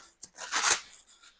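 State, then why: Seated. A side cummerbund strap on an AVS plate carrier is pulled through and fastened onto its fork-style mount, giving one short sharp click at 0.2 s. A louder broadband rustle of strap and fabric follows, peaking around 0.7 s before fading. The fastener locks in place on the mount.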